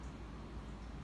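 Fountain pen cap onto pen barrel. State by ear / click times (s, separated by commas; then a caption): not seated / none. The cap of a Picasso 916 fountain pen is being eased onto the pen barrel, heard as faint handling against a steady low, broadband background noise. The cap is starting to catch and tighten on the barrel, but nothing has seated or clicked yet.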